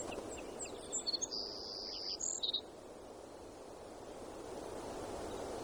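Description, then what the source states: Savannah sparrow singing once: quick high chips lead into a long, thin, insect-like buzz, ending in a couple of short notes, over steady background noise. Bird in Alaska, recorded 7 June 2018 at 02:55.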